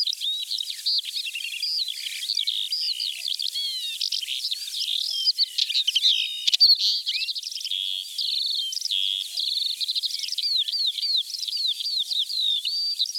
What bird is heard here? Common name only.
Northern Wheatear